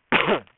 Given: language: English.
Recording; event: throat vibration sensor signal played as sound; cough